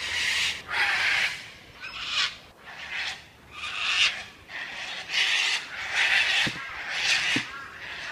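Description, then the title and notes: Cockatoos screeching in a steady series, harsh noisy rasping calls repeated roughly once a second from several birds. Large flocks of big white crested cockatoos flying past fast at Cape Gloucester, shrill and loud; recorded by Jessie. "Kakadu - Cockatoo. Große Meuten von Kakadus am Cape Gloucester machen einen Höllenlärm, wenn sie vorbeiflieen. Der Sound ist etwas nervig - schrill und laut. Der Sound wurde für mich von Jessie am Cape Gloucester aufgenommen"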